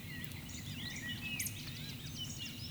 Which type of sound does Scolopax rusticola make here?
whistle, croak